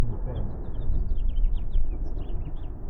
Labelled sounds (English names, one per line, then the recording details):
House Finch song
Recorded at Neponsit on Long Island, New York, on 4 June 1975
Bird G